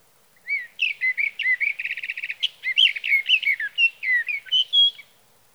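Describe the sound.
Sage thrasher singing a continuous jumble of warbling notes, including a rapid buzzy rattle in the middle, ending on a clear whistled note.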